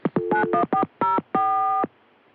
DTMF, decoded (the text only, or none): 91404